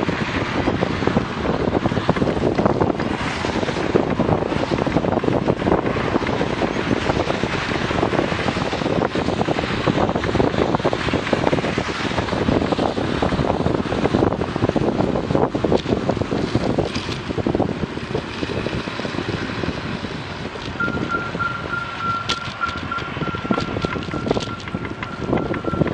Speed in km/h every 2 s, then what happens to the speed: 24, 25, 25, 26, 26, 25, 24, 23, 22, 20, 19, 21, 22.
0-9 steady at about 25. 9-19 slows to 19. 19-26 steady at about 21.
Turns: none.